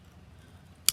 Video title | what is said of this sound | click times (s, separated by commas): Light show | down you heard that click I mean just good to go | 0.9 s